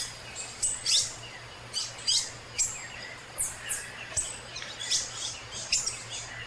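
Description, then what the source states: Green-headed tanager song: a run of very high, thin, rapid sibilant notes in short bursts over a low steady hum. High, fast song blending with other birds in mixed flocks at forest edges; common on the São Paulo coast, Brazil, often heard at the beach.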